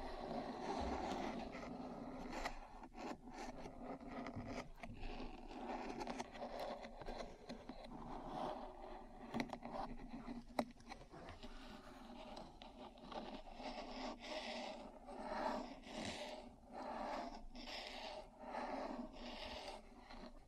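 Metal parts are tapped and scratched in an uneven, continuous stream, with sharp clicks and taps scattered throughout and a few louder knocks near 9 and 10.5 seconds. Gritty scraping fills the gaps, and a low steady hum sits underneath.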